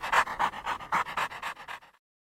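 Dog panting, a quick series of breathy huffs lasting under two seconds, then silence.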